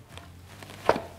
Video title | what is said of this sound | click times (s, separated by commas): Маска сварщика 3M Speedglas 100V / Обзор + сравнение с 3M Speedglas 9002NC | down a little with a small click, here's a small click, I hope you can | 0.9 s